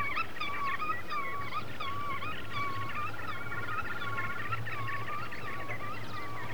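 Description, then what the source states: Godwit song: wavy, warbling notes that run together with fainter calls behind them, over a steady low droning hum. A wader; its song sounds like 'veretén, veretén', which gives it its Russian name Veretennik; central Russia.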